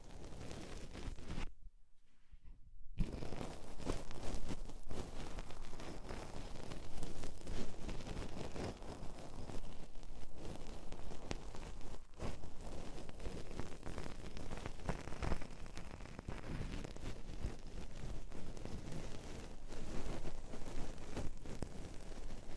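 Deep ear cleaning sounds: dense, crackly scratching and rubbing that fills the whole clip with a rough, rumbling texture. After a brief near-silent pause at about two seconds, the scraping resumes and continues steadily, dotted with sharp clicks and pops.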